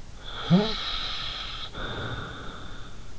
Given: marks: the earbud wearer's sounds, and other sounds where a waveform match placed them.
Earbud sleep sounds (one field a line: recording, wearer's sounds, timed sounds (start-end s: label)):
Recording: sounds in sleep by an in-ear microphone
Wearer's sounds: snoring breath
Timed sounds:
0.17-3.09 s: snoring breath